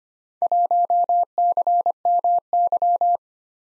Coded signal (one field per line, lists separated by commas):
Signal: Morse code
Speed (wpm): 25 wpm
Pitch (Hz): 700 Hz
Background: none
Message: 1CMY